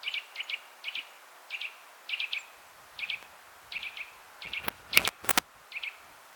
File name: Sitta europaea